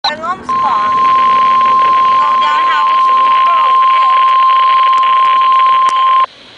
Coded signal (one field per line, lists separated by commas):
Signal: Emergency Alert System (SAME) tones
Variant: 1050 Hz attention tone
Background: speech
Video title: Severe Thunderstorm Warning for Charles,Prince George's,Anne Arundel,Calvert Co. MD {EAS #722}